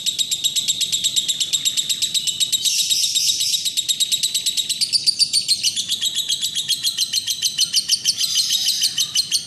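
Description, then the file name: Lovebird chatter, a continuous fast stream of high, harsh chirps and trills, with brighter squeaky bursts several times without a break. Golden boy lovebird; long "ngekek" chatter style. "lovebird-golden-boy-ngekek-panjang omkicau"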